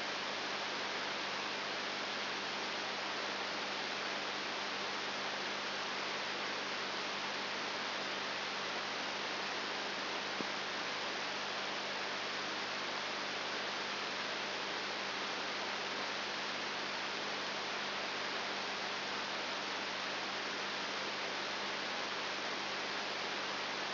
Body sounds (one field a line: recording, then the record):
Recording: brain microelectrode recording played as sound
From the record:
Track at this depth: inside the subthalamic nucleus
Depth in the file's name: 2.902 mm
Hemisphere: left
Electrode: 3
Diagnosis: Parkinson's disease